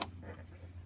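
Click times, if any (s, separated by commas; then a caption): none. A plastic headlamp rear cover is handled against the headlamp housing, with one brief sharp tap at 0.0 s followed by a steady low hum. Nothing has seated or clicked home yet.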